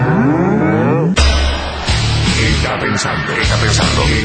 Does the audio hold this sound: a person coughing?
no